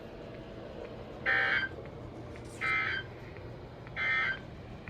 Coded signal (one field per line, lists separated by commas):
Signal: Emergency Alert System (SAME) tones